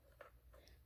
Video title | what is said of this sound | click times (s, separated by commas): HOW TO CLEAN A FILTER: how to Tuesday's | so it's going to snap down into place if you push it you'll hear a snap sound | 0.2 s